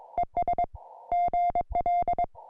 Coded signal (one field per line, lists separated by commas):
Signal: Morse code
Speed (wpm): 22 wpm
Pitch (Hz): 700 Hz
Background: music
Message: ES GL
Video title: Introducing the CFT1 Compact Portable QRP CW Field Transceiver #hamradio